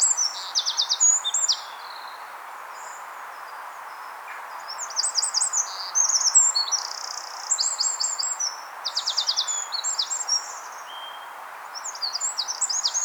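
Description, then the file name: Eurasian wren song: shrill, very fast trills and stuttering notes, delivered in repeated bursts across the whole stretch, with soft steady background hiss. "Troglodytes troglodytes"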